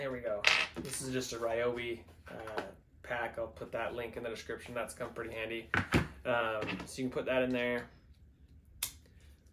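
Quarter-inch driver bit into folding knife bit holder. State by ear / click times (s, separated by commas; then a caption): seated / 8.8 s. Someone talks while inserting a quarter-inch screwdriver bit from a Ryobi bit pack into the bit holder of a Milwaukee Fastback 6-in-1 multi-tool folding knife. A single sharp click is heard at 8.8 s, followed by a faint tick just after. The bit is seated and locks in place.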